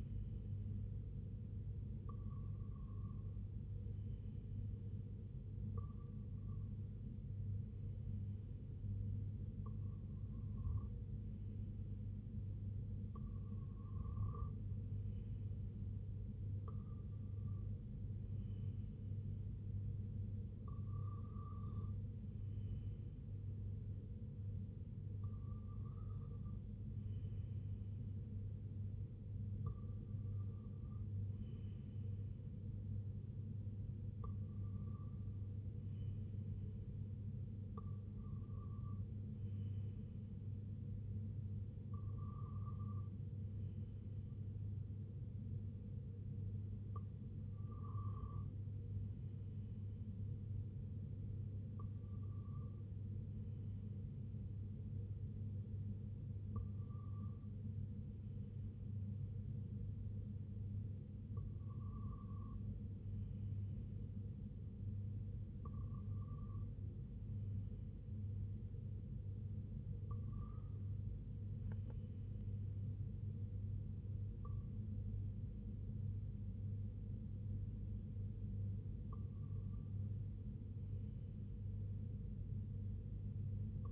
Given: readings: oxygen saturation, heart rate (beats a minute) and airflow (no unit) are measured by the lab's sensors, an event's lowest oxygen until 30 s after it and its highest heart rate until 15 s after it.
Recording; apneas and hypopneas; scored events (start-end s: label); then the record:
breathing in sleep by a smartphone at the bedside; none
none scored
From the record:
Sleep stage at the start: REM sleep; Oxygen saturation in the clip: 94 to 96%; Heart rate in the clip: 74 to 86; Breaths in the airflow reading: 19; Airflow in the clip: -5.5 to 3.6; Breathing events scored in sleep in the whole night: 258 in 7.4 hours asleep